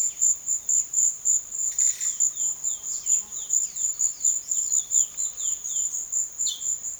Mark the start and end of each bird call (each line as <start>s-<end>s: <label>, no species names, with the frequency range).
0.53s-5.99s: bird call (2.6-6.0 kHz)
6.31s-6.70s: bird call (2.4-6.4 kHz)